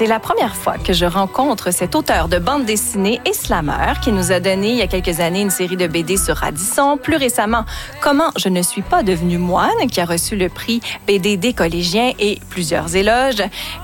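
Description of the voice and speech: A woman radio host speaks French in a smooth, lively broadcast style, introducing a comic-book author and his books. Her pace is steady with only brief pauses and a varied, natural pitch. Ordinary fluent speech with no sign of a speech disorder.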